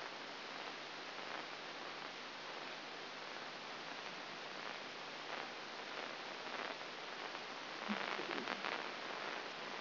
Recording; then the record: brain microelectrode recording played as sound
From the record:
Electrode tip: inside the subthalamic nucleus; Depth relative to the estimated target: 0 mm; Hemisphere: right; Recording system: AlphaMap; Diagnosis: Parkinson's disease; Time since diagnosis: 11 years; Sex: female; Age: 60 years